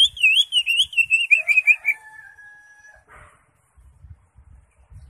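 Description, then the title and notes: Greater Green Leafbird song: a loud wavering warbled phrase of rapid up-down notes, then a long steady whistle held about a second, followed by a short scratchy burst and faint low thumps. Used as a training song for caged birds. "Suara Burung Cucak Ijo. mantap buat masteran burung cak ijo"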